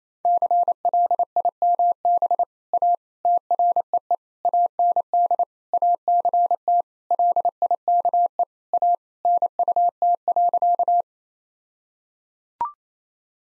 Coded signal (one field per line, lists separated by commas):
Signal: Morse code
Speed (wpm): 27 wpm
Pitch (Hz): 700 Hz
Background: none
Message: CLIMB A TREE AND ACT LIKE A NUT.